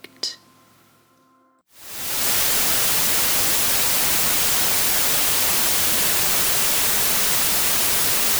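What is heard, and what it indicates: After a brief click and near-silence, a loud, steady hiss fades in and holds evenly, bright and even like static or white noise. It is a sample of a tinnitus frequency therapy sound used to mask ringing in the ears.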